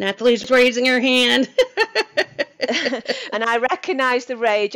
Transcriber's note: laughs